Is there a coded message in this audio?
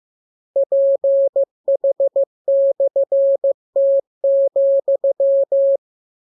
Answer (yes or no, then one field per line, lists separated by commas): yes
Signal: Morse code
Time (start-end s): 0.6-5.8 s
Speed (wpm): 15 wpm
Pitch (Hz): 550 Hz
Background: none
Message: PH/T,